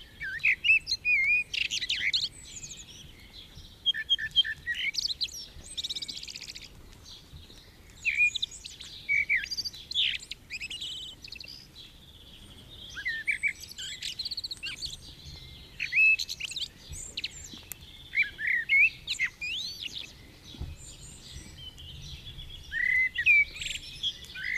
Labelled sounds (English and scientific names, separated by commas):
Common Blackbird (Turdus merula) song